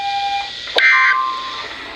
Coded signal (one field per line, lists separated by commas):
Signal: Emergency Alert System (SAME) tones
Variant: end-of-message bursts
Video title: Severe T-Storm Warning (EAS #1,146)